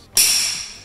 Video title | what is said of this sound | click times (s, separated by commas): HOW TO install cordless BLINDS | So let's just snap this guy on. Very simple process. You can hear the click. | 0.2 s